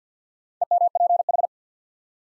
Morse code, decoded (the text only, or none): EMPH